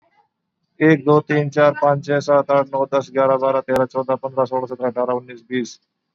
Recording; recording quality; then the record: counting at a fast pace; moderate, slight background noise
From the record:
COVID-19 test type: RT-PCR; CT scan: not taken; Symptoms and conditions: none ticked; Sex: male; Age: 39 years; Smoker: yes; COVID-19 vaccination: both doses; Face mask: worn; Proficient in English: yes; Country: India